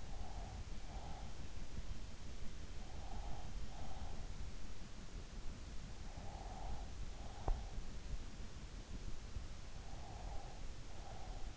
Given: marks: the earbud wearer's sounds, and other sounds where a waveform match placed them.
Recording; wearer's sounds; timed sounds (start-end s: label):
sounds in sleep by an in-ear microphone; breath
0.00-1.42 s: breath
2.75-4.20 s: breath
6.30-7.82 s: breath
9.79-11.57 s: breath